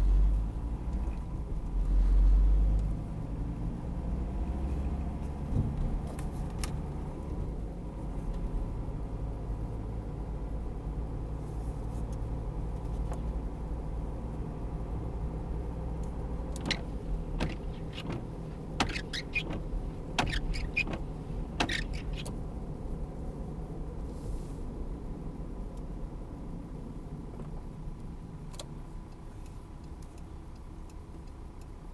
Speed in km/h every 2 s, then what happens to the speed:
17, 25, 34, 38, 39, 41, 41, 43, 44, 44, 43, 42, 36, 30, 21, 12.
0-5 speeds up to 38. 5-22 steady at about 42. 22-32 slows to 12.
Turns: none.